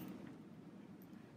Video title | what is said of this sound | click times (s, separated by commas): How to Use Respiclick Inhalers | we're going to open the inhaler until you hear it click | 1.0 s